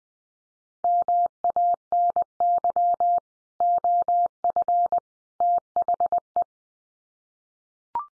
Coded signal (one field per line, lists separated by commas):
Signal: Morse code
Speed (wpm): 20 wpm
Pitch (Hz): 700 Hz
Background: none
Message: MANY OF THE